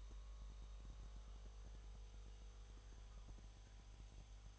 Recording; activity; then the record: daily activity, microphone in the room; make coffee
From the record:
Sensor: 3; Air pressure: 1002.0 hPa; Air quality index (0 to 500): 248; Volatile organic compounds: 52 ppm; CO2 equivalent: 3317 ppm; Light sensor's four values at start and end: 12/36/16/13 and 12/36/16/13